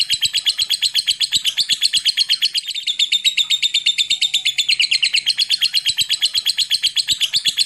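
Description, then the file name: Lovebird delivering a long, unbroken, rapid chattering trill of bright, buzzy pulses that keeps going at a steady fast pace throughout. Lovebird singing a long ngekek trill (Indonesian style 'ngekek panjang'). "suara burung lovebird ngekek panjang"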